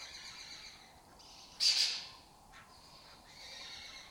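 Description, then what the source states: Lesser kestrel giving one loud, grating burst, with fainter, thinner calls before and after it. Breeding colony in an abandoned building complex in Doñana, southern Europe; migratory raptor that forages in West Africa.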